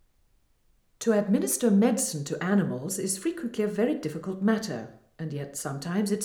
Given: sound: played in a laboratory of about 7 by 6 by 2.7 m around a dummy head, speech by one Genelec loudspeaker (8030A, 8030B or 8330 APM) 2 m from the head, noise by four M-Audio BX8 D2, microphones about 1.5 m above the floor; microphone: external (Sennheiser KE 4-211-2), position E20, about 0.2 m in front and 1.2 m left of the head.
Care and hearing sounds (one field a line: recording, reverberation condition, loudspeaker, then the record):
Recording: female speech in English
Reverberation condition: medium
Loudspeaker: 60 degrees to the left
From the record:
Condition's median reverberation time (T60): about 510 ms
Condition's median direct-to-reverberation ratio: about -0.5 dB